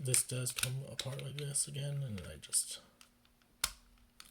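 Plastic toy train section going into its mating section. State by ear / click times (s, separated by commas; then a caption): seated / 3.6 s. Someone talks while handling a plastic toy train section, then pushes it back onto its mating section. A sharp snap at 3.6 s marks it seating.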